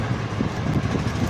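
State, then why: Not seated. A removable plastic part of a mini air cooler, the water tank or a panel, which comes out and goes back in easily, is handled and pushed back toward the cooler's plastic body. Only a steady, broadband, vehicle-like rumble is heard throughout, with no sudden sounds. Nothing has seated or clicked yet.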